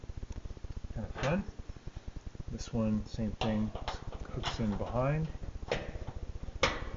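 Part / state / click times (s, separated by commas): cabinet retaining clip into washer console/cabinet / seated / 6.6 s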